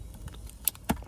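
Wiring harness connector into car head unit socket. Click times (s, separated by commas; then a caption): 0.7 s. A plastic wiring harness plug is pushed into the socket on the back of a new Dasaita G13 12.3-inch 2K Android head unit for a 2019–2022 Toyota RAV4. After a few faint ticks and rattles, a sharp, loud click at 0.7 s marks the connector seating, followed by a duller knock around 0.9 s. The plug is clicked fully into place.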